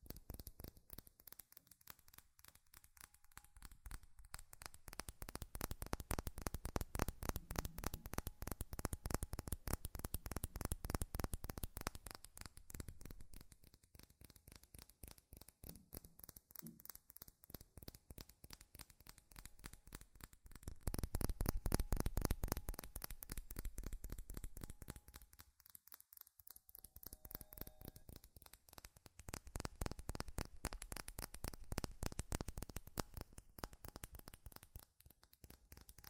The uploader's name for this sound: FAST & FURIOUS TAPPING Metal Sounds